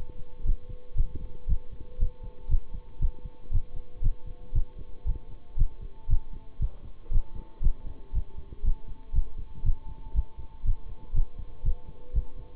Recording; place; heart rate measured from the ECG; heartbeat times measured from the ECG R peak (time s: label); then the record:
heart sounds by stethoscope; between the tricuspid and mitral areas; 118 bpm
0.45 s: heartbeat
0.96 s: heartbeat
1.47 s: heartbeat
1.98 s: heartbeat
2.49 s: heartbeat
3.00 s: heartbeat
3.51 s: heartbeat
4.02 s: heartbeat
4.53 s: heartbeat
5.05 s: heartbeat
5.57 s: heartbeat
6.08 s: heartbeat
6.60 s: heartbeat
7.11 s: heartbeat
7.62 s: heartbeat
8.13 s: heartbeat
8.63 s: heartbeat
9.13 s: heartbeat
9.64 s: heartbeat
10.14 s: heartbeat
10.64 s: heartbeat
11.14 s: heartbeat
11.63 s: heartbeat
12.14 s: heartbeat
From the record:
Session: bicycle stress test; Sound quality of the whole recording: good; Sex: male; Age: 26 years